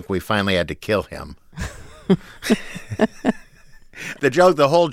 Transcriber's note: laughter